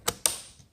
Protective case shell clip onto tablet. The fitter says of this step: Snap it over here. All